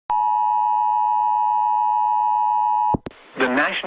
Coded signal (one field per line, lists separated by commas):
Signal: Emergency Alert System (SAME) tones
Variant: 853 and 960 Hz attention tone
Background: speech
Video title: Severe T’Storm Warning (FM Radio EAS #11) 4/2/25